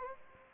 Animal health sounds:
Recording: mosquito wingbeat signal from an infrared sensor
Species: Anopheles gambiae

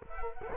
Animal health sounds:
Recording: mosquito wingbeat signal from an infrared sensor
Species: Culex quinquefasciatus

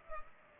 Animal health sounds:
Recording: mosquito wingbeat signal from an infrared sensor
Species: Culex pipiens

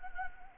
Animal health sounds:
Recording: mosquito wingbeat signal from an infrared sensor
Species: Anopheles gambiae

